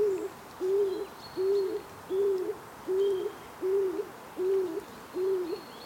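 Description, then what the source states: Stock dove call: a low, hollow cooing note repeated steadily about every three-quarters of a second, eight times, with faint high calls of other birds behind. Played as a quiz; breeds in tree cavities in forests; described as doing relatively well.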